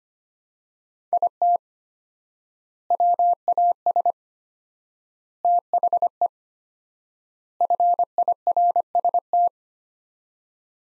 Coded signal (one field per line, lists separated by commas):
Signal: Morse code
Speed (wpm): 25 wpm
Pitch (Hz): 700 Hz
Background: none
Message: IT WAS THE FIRST